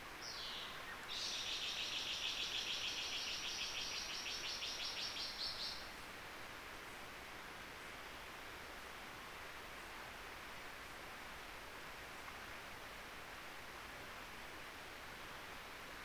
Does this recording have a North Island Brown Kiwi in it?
no